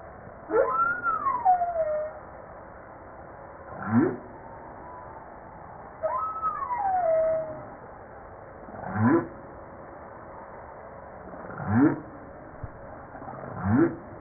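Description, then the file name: Humpback whale song: high, falling swoops mixed with short, low, upward-sweeping grunts, repeated several times. Recorded 5 March 1994. "Baleine a bosse 940305"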